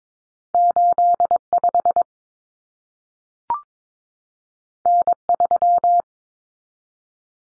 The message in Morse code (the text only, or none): 85 N3